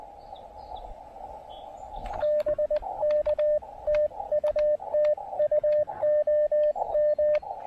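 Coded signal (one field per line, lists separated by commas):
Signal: Morse code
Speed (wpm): 18 wpm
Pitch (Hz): 600 Hz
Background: radio noise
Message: BK TU TU OM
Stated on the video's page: QRP Parks on the Air activation with DX contacts, CW on 20, 30 and 17 metres using a random wire antenna.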